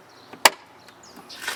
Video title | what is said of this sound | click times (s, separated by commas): 2002 Ford Explorer Rear Turn Signal / Brake Light Repair | make sure the other little bits the lined up snaps into place | 0.5 s